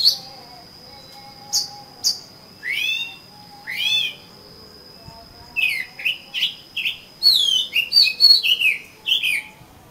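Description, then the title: Oriental magpie-robin song opening with sharp chips, then sweeping whistles, building to a fast varied sequence of slurred notes and twitters. "Kacer Kacer"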